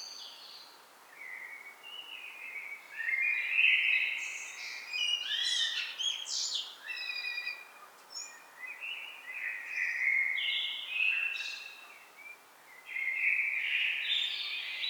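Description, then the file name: Common blackbird delivering a long run of melodious fluted phrases mixed with high thin squeaks and chatter, the notes coming almost without a break. "Turdus merula"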